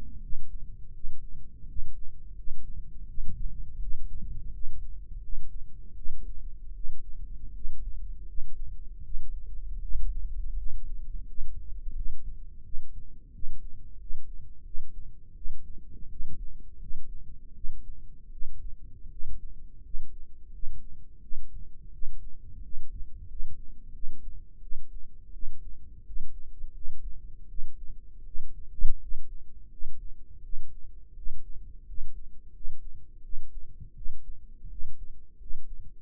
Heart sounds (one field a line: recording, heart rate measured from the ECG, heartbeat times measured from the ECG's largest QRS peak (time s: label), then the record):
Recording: heart sounds by microphone in the right ear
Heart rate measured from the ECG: 84 bpm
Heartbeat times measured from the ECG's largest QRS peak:
0.20 s: heartbeat
0.92 s: heartbeat
1.66 s: heartbeat
2.34 s: heartbeat
3.06 s: heartbeat
3.79 s: heartbeat
4.51 s: heartbeat
5.20 s: heartbeat
5.94 s: heartbeat
6.73 s: heartbeat
7.52 s: heartbeat
8.25 s: heartbeat
9.02 s: heartbeat
9.80 s: heartbeat
10.55 s: heartbeat
11.25 s: heartbeat
11.94 s: heartbeat
12.63 s: heartbeat
13.31 s: heartbeat
13.97 s: heartbeat
14.63 s: heartbeat
15.34 s: heartbeat
16.08 s: heartbeat
16.79 s: heartbeat
17.53 s: heartbeat
18.31 s: heartbeat
19.10 s: heartbeat
19.82 s: heartbeat
20.51 s: heartbeat
21.21 s: heartbeat
21.92 s: heartbeat
22.62 s: heartbeat
23.27 s: heartbeat
23.92 s: heartbeat
24.61 s: heartbeat
25.32 s: heartbeat
26.04 s: heartbeat
26.73 s: heartbeat
27.48 s: heartbeat
28.24 s: heartbeat
28.99 s: heartbeat
29.70 s: heartbeat
30.42 s: heartbeat
31.15 s: heartbeat
31.86 s: heartbeat
32.52 s: heartbeat
33.22 s: heartbeat
33.94 s: heartbeat
34.69 s: heartbeat
35.38 s: heartbeat
From the record:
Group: healthy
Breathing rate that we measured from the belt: 20 breaths a minute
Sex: female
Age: 22 years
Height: 163 cm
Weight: 67.1 kg